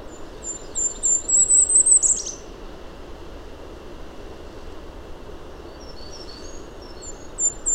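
Bird song: very high, thin, quick notes repeated in short runs that end in a louder burst, with more faint high notes later over a constant low rumble.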